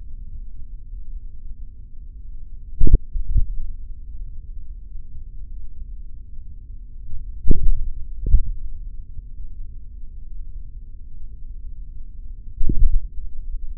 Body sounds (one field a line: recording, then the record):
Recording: forearm muscle sounds (acoustic myography)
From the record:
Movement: tripod grip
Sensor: system 3, bracelet of six PUI Audio POM-2738L microphones around the upper forearm, with dedicated amplification and filtering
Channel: 4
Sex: male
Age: 26 years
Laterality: right